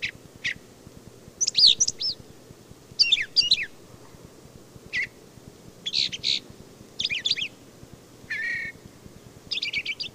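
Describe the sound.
Brown thrasher singing a string of varied, rapid chirped and buzzy phrases, each brief and separated by short pauses.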